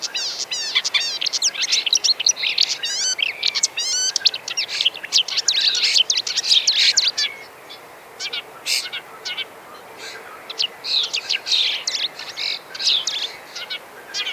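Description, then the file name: Marsh warbler song: a fast jumble of varied high chirps, trills and scratchy notes, busy for the first half, then sparser phrases. "kamyshovka bolotnaja"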